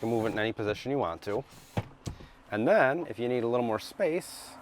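A movable table on its sliding track in a Grand Design Lineage LVT1 camper van is handled while someone talks, with brief sharp knocks at 1.8 s and 2.1 s. The table has not yet been pulled out to extend it, and nothing has clicked into place.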